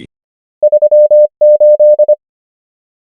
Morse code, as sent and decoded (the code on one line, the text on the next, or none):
...-- / ---..
3 8